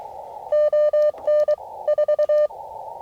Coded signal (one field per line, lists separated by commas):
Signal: Morse code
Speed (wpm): 23 wpm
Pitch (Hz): 600 Hz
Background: none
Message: ON4